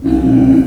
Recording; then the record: squeal of a Yucatan mini pig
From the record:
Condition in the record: after surgery on the right vocal fold (resection and tissue-engineered implant); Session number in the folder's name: 1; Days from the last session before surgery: 13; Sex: female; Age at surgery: 19 weeks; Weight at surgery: 25 kg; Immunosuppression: prednisolone